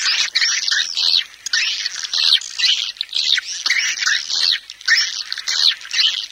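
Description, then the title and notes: Swiftlet chirping calls: dense, high, buzzy twitters in rapid overlapping bursts, rising and falling in loudness, with no other clear sounds. Swiftlet sound used for swiftlet farming in Asia. "Swiflet Bird Sound. Farming Swiflet Bird asia sound"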